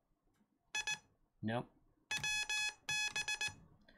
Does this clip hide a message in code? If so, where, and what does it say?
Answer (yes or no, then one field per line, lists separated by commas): yes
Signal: Morse code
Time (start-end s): 0.7-3.5 s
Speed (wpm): 19 wpm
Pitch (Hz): 2550 Hz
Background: speech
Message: I WB